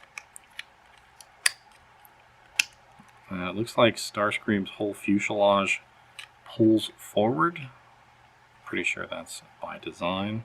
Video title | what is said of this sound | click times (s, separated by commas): Decepticon Coronation Starscream - (Studio 86 Series) This Is Bad Comedy | So on the right and left side of the transformer, there are these little notches that seem to like lock into place, and you just kind of lift them out of the notches. | 1.5 s, 2.6 s